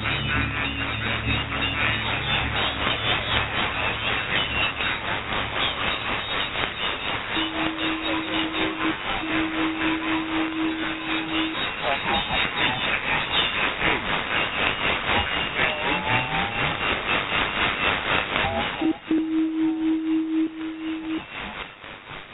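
Shortwave radio static at night: a dense, raspy hiss with a fast pulsing texture, muffled and without any high treble. Steady low hums sit under the start, and a plain tone rises out of the noise around 7 to 12 seconds and again near 19 to 21 seconds.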